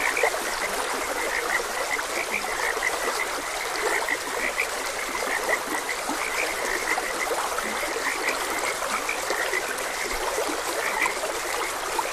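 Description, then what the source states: Frogs keep up a dense run of quick overlapping croaks, accompanied by the unbroken trickle and rush of water. Frogs croaking beside a gentle stream.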